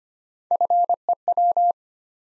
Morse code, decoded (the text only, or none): FEW